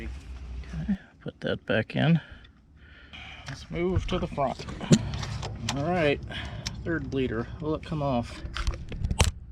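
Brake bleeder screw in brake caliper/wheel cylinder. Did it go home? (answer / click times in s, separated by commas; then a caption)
no / 9.2 s. On a 1978 GMC squarebody crew cab truck, someone talks while trying to loosen a seized steel brake bleeder screw on the front brake caliper/wheel cylinder with a wrench. A sharp metallic snap at 9.2 s marks the wrench slipping. The bleeder screw is stripped.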